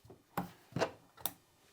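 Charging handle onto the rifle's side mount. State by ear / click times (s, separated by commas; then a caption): seated / 1.3 s. A charging handle is slid onto its mounting point on the right side of a Tavor 7 rifle, with its locking portion pointed toward the front. Sharp clacks sound at about 0.4 s and 0.8 s, then the handle snaps into place with a crisp detent click at 1.3 s, followed by a faint tick near 1.7 s. It is seated on the mount and given a tug to check it is on.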